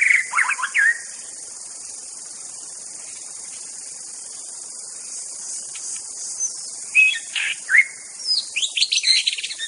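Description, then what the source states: White-rumped shama singing short rich phrases of chirps and whistled notes at the start and again near the end, a quiet pause between, with constant insect hiss behind. Wild bird from the forest.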